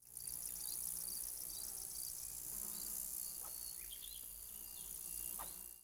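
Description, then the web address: Insect sound: a steady, very high thin whine runs throughout, with faint pulsing ticks below it. "насекомые"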